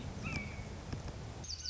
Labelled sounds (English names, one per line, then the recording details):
Red-shouldered Hawk
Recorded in Sonoma County, California